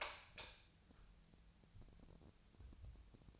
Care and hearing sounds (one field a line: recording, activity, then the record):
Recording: daily activity, microphone in the room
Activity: light on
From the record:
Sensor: 2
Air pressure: 999.9 hPa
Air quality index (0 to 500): 117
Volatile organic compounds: 2 ppm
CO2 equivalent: 1010 ppm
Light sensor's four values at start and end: 30/77/32/37 and 35/95/39/43